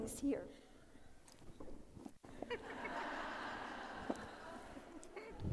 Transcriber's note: ladies laugh as she is doing something